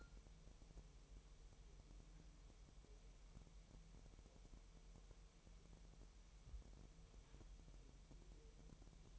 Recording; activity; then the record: daily activity, microphone in the room; wipe stove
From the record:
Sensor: 1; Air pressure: 1000.9 hPa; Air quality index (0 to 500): 249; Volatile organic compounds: 149 ppm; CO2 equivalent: 4019 ppm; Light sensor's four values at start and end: 12/29/12/13 and 12/29/12/13